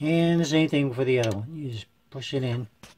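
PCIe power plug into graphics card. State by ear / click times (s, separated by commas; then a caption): not seated / none. Someone talks while handling a PCIe power cable plug at the graphics card socket, and a couple of faint, brief knocks are heard near the end, around 2.8 s and 3.0 s. The plug is meant to be pushed in until its latch clip clicks, but nothing has seated or clicked yet.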